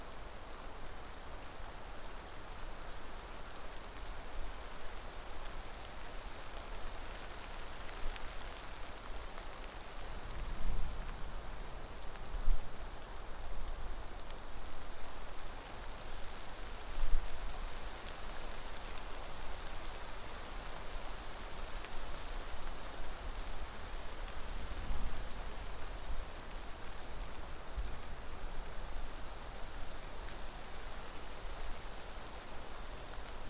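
Steady rain hisses evenly through trees, a dense and unchanging wash of drops. Low rumbles swell briefly around ten seconds and again near twenty-five, like thunder, with a few drips and taps breaking through now and then.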